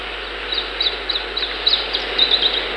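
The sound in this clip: Iberian chiffchaff song: thin, high notes, evenly spaced, ending in a quicker burst of tinny notes, over a steady hiss.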